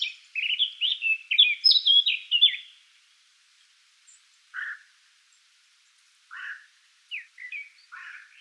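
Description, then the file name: Eurasian blackcap song: a quick tumbling warble for about two and a half seconds, followed by scattered lower single notes after pauses. "Sylvia atricapilla"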